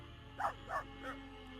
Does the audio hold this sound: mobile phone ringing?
no